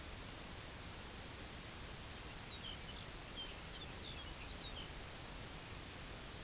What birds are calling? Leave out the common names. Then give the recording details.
Calcarius lapponicus. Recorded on Arctic tundra, site UTQI-8, on 11 June 2019. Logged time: 06:00